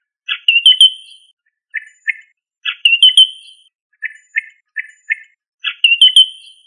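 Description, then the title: Rail giving a harsh squawk with a buzzy tail, then short clipped notes in pairs, the pattern repeating about every two and a half to three seconds. "Familia Rallidae"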